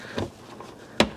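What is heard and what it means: A rear light bulb socket is inserted into the plastic tail light housing and twisted until its tabs lock. A softer rustle comes around 0.2 s, then a sharp click at 1.0 s as the socket seats and locks in place.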